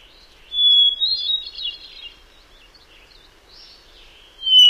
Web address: Songs of Birds of North America Know Your Bird Sounds Common Western Species. Hermit Thrush